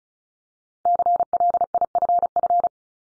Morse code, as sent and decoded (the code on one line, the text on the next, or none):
-.-. .-.. .. ..-. ..-.
CLIFF